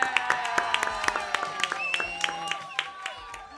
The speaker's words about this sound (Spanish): Un aplauso para él.